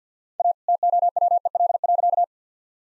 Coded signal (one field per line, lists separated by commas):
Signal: Morse code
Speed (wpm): 49 wpm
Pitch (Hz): 700 Hz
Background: none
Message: A TOWEL.